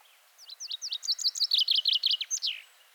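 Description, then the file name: Common chaffinch song, a series of quick bright downslurred notes finishing with a short downslurred flourish. "Fringilla coelebs"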